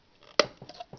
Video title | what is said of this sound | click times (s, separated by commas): Hydro dipping overview | here's that little click | 0.4 s